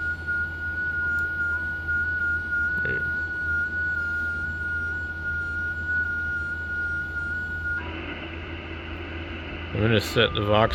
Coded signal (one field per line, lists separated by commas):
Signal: FT8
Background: speech